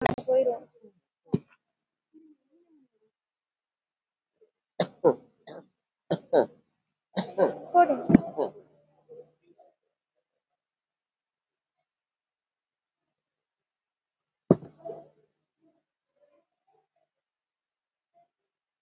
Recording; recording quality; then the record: heavy voluntary cough; moderate, slight background noise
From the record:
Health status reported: healthy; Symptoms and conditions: hypertension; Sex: female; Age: 73 years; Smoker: no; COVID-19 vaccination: one dose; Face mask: not worn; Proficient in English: no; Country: India